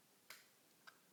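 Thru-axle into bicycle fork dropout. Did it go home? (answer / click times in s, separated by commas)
yes / 0.3 s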